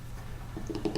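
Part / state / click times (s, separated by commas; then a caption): oil filter element into oil filter housing cap / not seated / none. A new paper oil filter element for a 2004–2005 BMW 545i is pushed, tabs pointing down, into the plastic oil filter housing cap. A low steady rumble is followed by a quickening run of short, sharp handling ticks in the last quarter second, growing louder toward the end. Nothing has seated or clicked home yet.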